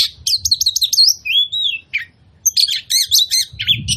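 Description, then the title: Oriental magpie-robin delivering quick scratchy chirps, a slow slurred whistle, then bursts of high chattering notes; a low rumble at the end. Kacer song used as a provocation track to make other magpie-robins fight, spread their tails and display; described as loud, continuous bursts (tembakan), gacor plong. "KACER NGOTOT FULL TEMBAKAN. Pancingan Kacer Gacor Plong Plongan Buat Kacer Lain Auto Emosi Buka Ekor Ngobra"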